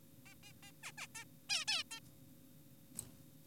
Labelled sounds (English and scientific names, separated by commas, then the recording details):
Zebra Finch (Taeniopygia guttata)
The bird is an adult
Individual g4p5U